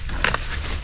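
A plastic corrugated drain pipe is being handled and pushed toward a solid pipe fitting, with faint scraping and handling noise and a sharp burst at 0.9 s as the clip cuts off. Nothing has seated or clicked yet.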